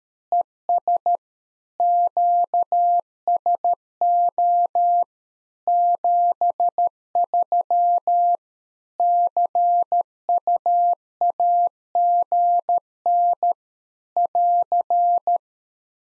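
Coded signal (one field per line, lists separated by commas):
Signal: Morse code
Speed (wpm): 13 wpm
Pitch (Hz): 700 Hz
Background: none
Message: ES QSO 73 CUAGN <AR>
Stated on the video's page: One-sided practice QSO at 13 wpm for head-copy: each segment sent in Morse, spoken, then sent again.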